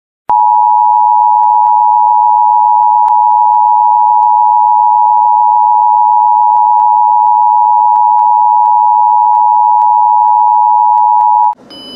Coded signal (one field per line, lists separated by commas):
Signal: Emergency Alert System (SAME) tones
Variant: 853 and 960 Hz attention tone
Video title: EAS Tornado Warning for Lyon and Sioux IA and Lincoln SD (remastered)